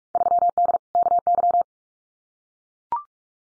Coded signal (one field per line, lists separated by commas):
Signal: Morse code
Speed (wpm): 44 wpm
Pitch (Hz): 700 Hz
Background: none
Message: 3D KY